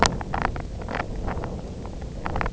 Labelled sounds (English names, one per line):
none